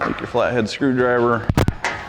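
Someone talks while a flat-head screwdriver works a fastener holding the roof panel of a RZR 900 S roll cage to its welded cage tabs and nutserts, with short sharp knocks around 1.5–1.7 seconds and at 1.8 seconds. The clip ends just before the fastener goes home, so nothing has clicked or seated yet.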